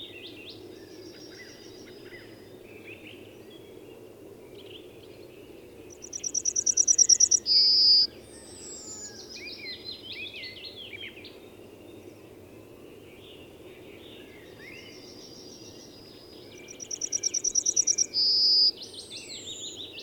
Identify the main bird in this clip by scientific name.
Emberiza citrinella